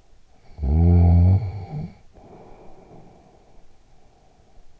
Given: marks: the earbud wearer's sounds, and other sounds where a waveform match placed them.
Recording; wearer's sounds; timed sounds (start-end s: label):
sounds in sleep by an in-ear microphone; snoring breath
0.49-4.63 s: snoring breath